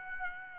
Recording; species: mosquito wingbeat signal from an infrared sensor; Aedes aegypti